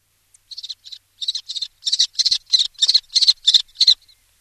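Common Kestrel calling, a series of harsh, sharp notes repeated about three times a second, growing louder.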